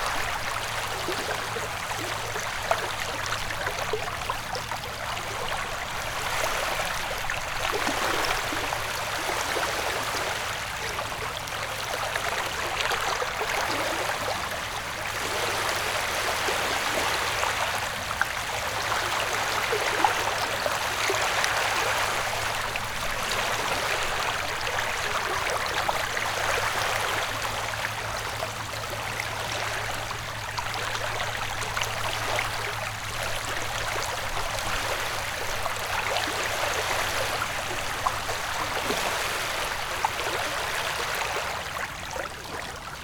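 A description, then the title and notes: Small waves lap steadily against a lakeshore in a dense, even wash of bright splashing, with a faint low hum running underneath throughout. Soothing Waves on a Lake White Noise.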